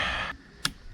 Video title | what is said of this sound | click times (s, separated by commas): 💡🪛Réparation d'un cardan Renault Master T35D | il est bien enclenché c'est bon | 0.7 s